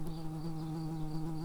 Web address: bumblebees Pratorum-workers